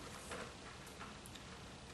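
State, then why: Not seated. A rubber fuel grommet is pushed into the fuel tank or housing of a Husqvarna 125B handheld blower during a repair of the fuel system. Over a steady low background there is one faint tap at about 1.4 s, with no distinct snap. Nothing has seated or clicked yet, and the grommet fails to snap into place.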